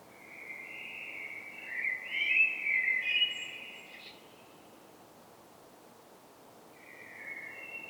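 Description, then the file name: Common blackbird gives a long, sustained, slightly rough phrase with a louder warbling middle, then silence before a shorter phrase starts at the end; steady hiss underneath. "Turdus merula"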